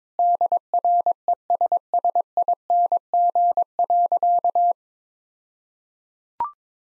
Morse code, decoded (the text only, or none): DRESSING.